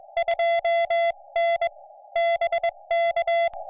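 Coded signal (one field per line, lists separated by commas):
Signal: Morse code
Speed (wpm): 22 wpm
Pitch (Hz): 2050 Hz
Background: music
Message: 2N BK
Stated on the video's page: Live CW on a Summits on the Air activation on Kagel Mountain with a homebuilt high-band QMX QRP rig, audio taken straight from the radio.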